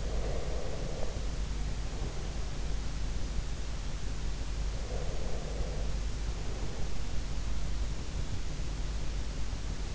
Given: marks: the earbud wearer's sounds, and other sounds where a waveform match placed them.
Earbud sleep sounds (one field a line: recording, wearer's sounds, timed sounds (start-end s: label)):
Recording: sounds in sleep by an in-ear microphone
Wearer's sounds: breath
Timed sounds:
0.00-2.37 s: breath
4.84-6.98 s: breath